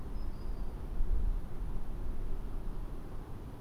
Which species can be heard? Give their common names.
Common Sandpiper